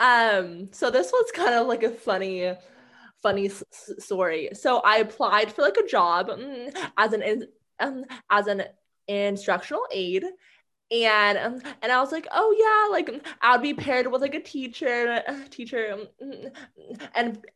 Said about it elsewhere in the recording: Being a person who like stutters, for me, I was terrified of a public speaking.